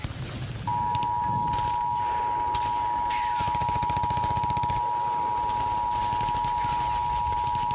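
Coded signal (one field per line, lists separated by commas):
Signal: Emergency Alert System (SAME) tones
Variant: 853 and 960 Hz attention tone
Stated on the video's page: Fictional EAS scenario containing valid EAS tones.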